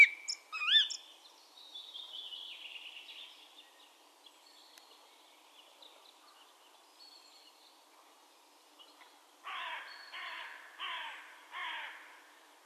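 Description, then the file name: Common blackbird calls: a burst of four harsh, clucking chuck notes near the end, spaced under a second apart, after earlier thin whistled and trilled notes. "Turdus merula"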